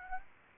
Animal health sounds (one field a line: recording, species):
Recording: mosquito wingbeat signal from an infrared sensor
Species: Aedes aegypti